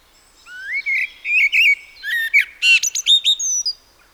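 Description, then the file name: Common blackbird song: a fluted warbling phrase, then a burst of high, squeaky twittering notes. "Turdus merula"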